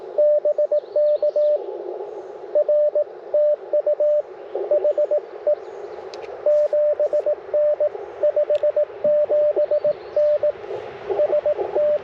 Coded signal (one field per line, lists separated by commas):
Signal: Morse code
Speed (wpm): 21 wpm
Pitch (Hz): 600 Hz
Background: radio noise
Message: BK R TU HE 7N 57N ST